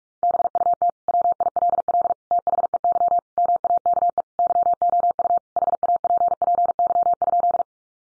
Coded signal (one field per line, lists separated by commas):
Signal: Morse code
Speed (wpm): 44 wpm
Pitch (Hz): 700 Hz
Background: none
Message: BUT WILL THEY MAKE YOU HAPPY?